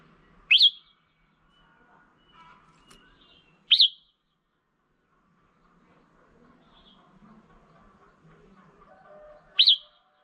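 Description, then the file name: Red-whiskered bulbul repeating a short, sharp whistled note three times at uneven gaps of a few seconds, with a quiet background. Female bird. "Tieng chao mao mai"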